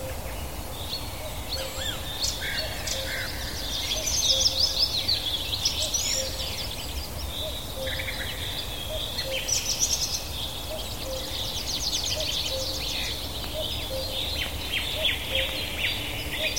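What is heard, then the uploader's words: Many birds sing and chirp continuously in a dense rainforest chorus, bright and busy, over a steady low rustling hum throughout. Birds Singing In A Luxuriant Rainforest. Hear the soft rustle of leaves as gentle breezes sweep through the verdant landscape, blending with the ever-present songs of the birds.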